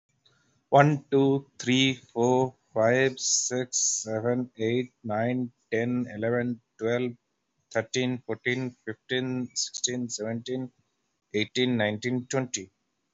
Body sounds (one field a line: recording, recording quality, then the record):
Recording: counting at a normal pace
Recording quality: excellent, no background noise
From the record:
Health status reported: healthy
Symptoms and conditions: none ticked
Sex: male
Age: 33 years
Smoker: not ticked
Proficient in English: yes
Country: India